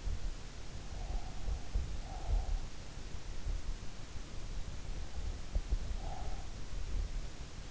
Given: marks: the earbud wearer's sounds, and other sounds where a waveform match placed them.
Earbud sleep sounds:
sounds in sleep by an in-ear microphone; breath
0.78-2.52 s: breath
5.16-6.75 s: breath

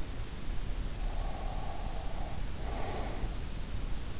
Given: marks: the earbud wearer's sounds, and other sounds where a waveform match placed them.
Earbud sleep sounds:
sounds in sleep by an in-ear microphone; breath
1.00-3.10 s: breath

